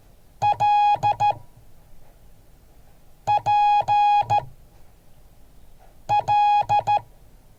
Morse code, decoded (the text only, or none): LPL